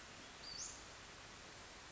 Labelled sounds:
Western Flycatcher
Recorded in Sonoma County, California

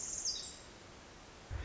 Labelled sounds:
Pacific Wren
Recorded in Sonoma County, California

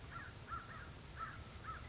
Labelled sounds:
American Crow
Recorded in Sonoma County, California

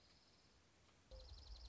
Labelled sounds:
Dark-eyed Junco
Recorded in Sonoma County, California

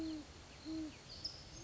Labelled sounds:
Great Horned Owl
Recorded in Sonoma County, California

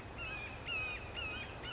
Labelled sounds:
Red-shouldered Hawk
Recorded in Sonoma County, California

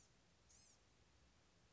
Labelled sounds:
Blue-gray Gnatcatcher
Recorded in Sonoma County, California

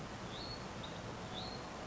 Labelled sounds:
Hutton's Vireo
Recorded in Sonoma County, California

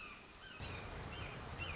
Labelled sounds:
Red-shouldered Hawk
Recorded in Sonoma County, California

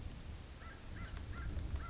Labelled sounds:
American Crow
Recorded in Sonoma County, California

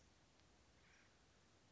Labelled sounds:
Acorn Woodpecker
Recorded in Sonoma County, California

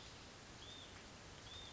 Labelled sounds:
Hutton's Vireo
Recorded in Sonoma County, California

